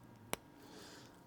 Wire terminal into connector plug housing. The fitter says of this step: yeah nice little click if you can hear it on the camera bring you a bit closer and show you look